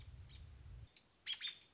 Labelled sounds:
American Robin (Turdus migratorius)

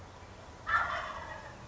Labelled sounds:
Wild Turkey (Meleagris gallopavo)

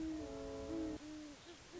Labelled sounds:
Great Horned Owl (Bubo virginianus)

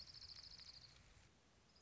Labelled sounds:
Orange-crowned Warbler (Leiothlypis celata)

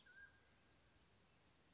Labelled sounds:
Mountain Quail (Oreortyx pictus)

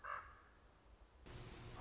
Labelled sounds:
Common Raven (Corvus corax)

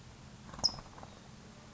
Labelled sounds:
California Towhee (Melozone crissalis)

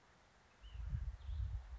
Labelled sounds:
Ash-throated Flycatcher (Myiarchus cinerascens)

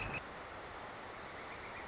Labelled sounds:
Northern Flicker (Colaptes auratus)

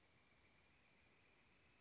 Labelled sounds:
Northern Flicker (Colaptes auratus)

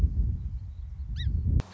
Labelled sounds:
Song Sparrow (Melospiza melodia)

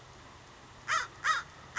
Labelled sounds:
American Crow (Corvus brachyrhynchos)

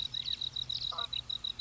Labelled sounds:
California Quail (Callipepla californica)

